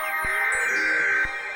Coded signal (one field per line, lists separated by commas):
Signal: Emergency Alert System (SAME) tones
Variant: header bursts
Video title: A SURPRISE CAE...FROM CAE... EAS Alerts from 10/5/19 (EAS #3,360 - 3,365)